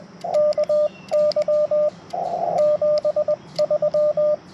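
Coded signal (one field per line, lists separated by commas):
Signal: Morse code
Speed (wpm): 20 wpm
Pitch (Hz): 600 Hz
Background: radio noise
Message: KY 73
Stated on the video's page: CW POTA park activation on a backpack Yaesu FT-891 with a 17 ft vertical antenna and BaMaKeY TP-III key; steady stream of 35 contacts in 40 minutes.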